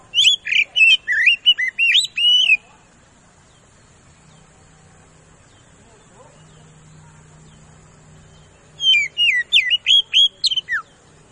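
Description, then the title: Oriental magpie-robin singing two bursts of fast, loud whistled notes with sharp slurs, separated by several seconds of quiet low humming background. Lure song used to provoke a rival magpie-robin into responding and fighting. "KACER NGOTOT FULL TEMBAKAN. Suara Pancingan Kacer Ngeplong Gacor Santai Manggil Lawan"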